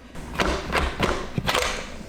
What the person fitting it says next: okay well i can't figure out why it's not latching down